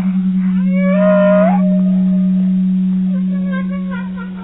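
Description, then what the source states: Whale giving a rising, harmonic tonal call, followed later by fainter wavering calls, over a steady low electronic hum. Sonar recording.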